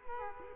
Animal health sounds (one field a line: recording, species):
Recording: mosquito wingbeat signal from an infrared sensor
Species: Culex quinquefasciatus